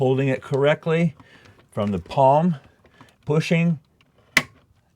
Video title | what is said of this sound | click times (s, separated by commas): RV Breaker Box & Transfer Switch Annual Maintenance | until it clicks | 4.4 s